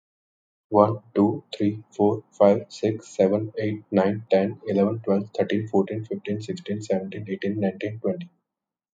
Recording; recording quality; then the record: counting at a fast pace; excellent, no background noise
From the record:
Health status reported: healthy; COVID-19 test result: not tested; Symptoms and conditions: none ticked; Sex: male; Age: 29 years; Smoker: not ticked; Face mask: not worn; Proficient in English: yes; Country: India